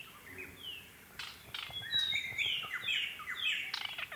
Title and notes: White-Browed Robin Chat. August 14 2015, 6:36 AM. Okavango Panhandle